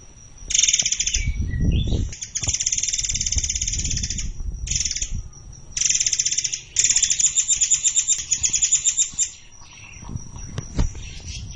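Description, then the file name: Forktail song: high, shrill buzzy trills in bursts of under one to about two and a half seconds, separated by short pauses, with low rumbling noise underneath. "burung murai air"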